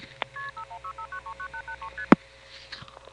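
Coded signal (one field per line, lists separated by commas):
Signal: multi-frequency trunk signalling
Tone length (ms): 90 ms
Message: KP5165939883ST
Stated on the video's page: Phone trip recording at a step-by-step telephone exchange.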